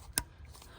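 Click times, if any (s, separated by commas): 0.2 s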